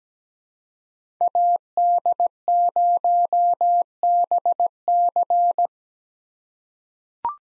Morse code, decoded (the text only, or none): AD0BC